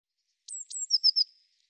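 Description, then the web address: Eurasian blue tit call, two sharp high descending notes then a short trilled series of lower tinkling notes, heard once against a silent background. "Deverinetal"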